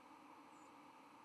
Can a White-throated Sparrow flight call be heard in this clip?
yes